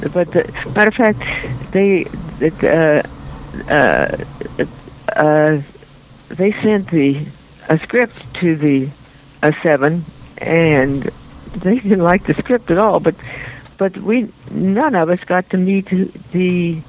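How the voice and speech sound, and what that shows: Adult woman's speech with drawn-out vowels, silent blocks and repeated words: persistent adult stuttering, much improved from before but not fully resolved.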